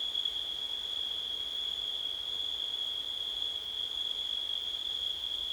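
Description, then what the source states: Crickets keep up a monotonous high chirping trill, unchanging in pitch, with faint low noise below. Crickets recorded on a windy September night.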